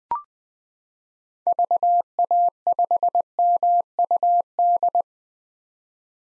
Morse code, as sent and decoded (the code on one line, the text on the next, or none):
...- .- ..... -- ..- -..
VA5MUD